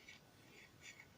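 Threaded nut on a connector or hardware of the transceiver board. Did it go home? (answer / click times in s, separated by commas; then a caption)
no / none. A small threaded nut is being turned onto a connector or hardware on a QRP Labs QDX transceiver kit board during assembly. Only faint handling sounds are heard, with two soft brief ticks near 0.1 and 1.0 seconds. Nothing has seated or clicked yet; the nut has gone on cross-threaded instead of seating properly.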